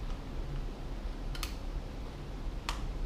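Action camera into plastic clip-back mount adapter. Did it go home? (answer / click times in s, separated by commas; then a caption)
yes / 2.7 s. An action camera is pushed into a small plastic clip-back mount adapter. A pair of quick clicks comes at about 1.4 s, then a sharp snap at 2.7 s as the camera seats in the adapter.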